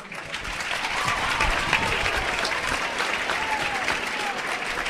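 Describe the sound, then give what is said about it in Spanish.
An audience applauds after a speech by the AMPA representative, a dense, sustained wash of clapping hands at a fairly loud, even level throughout, with a faint murmur of voices mixed in. “Como escuchan, la gente aplaude.”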